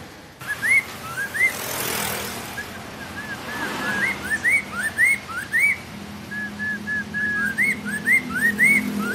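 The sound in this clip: Bird song of short rising whistled notes, some paired with rapid high chirps above, given in irregular bursts.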